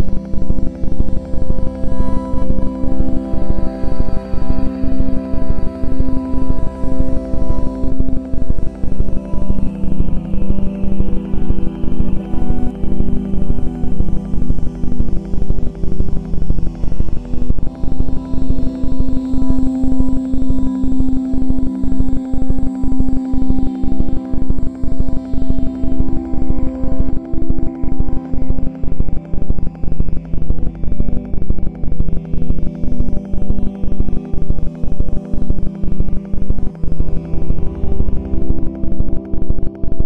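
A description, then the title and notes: Binaural beats at 4-6 Hz: a steady low drone of layered sustained tones, mostly around the lower-middle range, with a brighter hum swelling near the middle. Very regular thin pulses tick through the whole forty seconds at a brisk, even rate. Binaural Beats mit 4-6 Hz.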